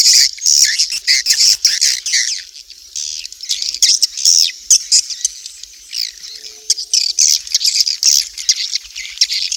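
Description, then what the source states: Swiftlets calling with shrill, fast chirps and buzzy trills, steady chatter throughout with slight dips in loudness. Swiftlet sound used for swiftlet bird farming in Asia.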